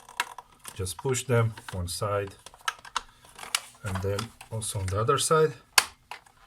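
A hooked plastic part is slid into the frame of a Nespresso Citiz (Turmix TX170) coffee machine, and its hooks are pushed in one side at a time while someone talks. Light plastic taps and knocks are heard along the way, then a loud snap at 5.8 s as the part clicks in on the second side and is seated.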